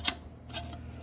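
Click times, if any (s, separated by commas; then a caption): none. A steel snap ring is worked around its groove in a TH350 transmission case, wedged out with a screwdriver and pushed down all the way round. Two brief bright scraping ticks come from the metal, the first near 0.1 s and a softer one near 0.6 s, over a steady low hum. Nothing has seated or clicked yet.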